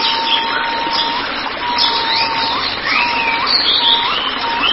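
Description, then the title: White-rumped shama song: clear, level whistles, each ending in a quick rising flourish, repeated several times over faint background noise. "Kicau Murai Batu"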